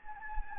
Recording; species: mosquito wingbeat signal from an infrared sensor; Anopheles gambiae